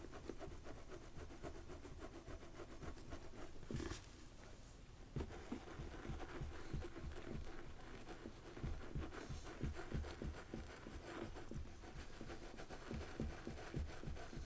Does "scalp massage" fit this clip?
yes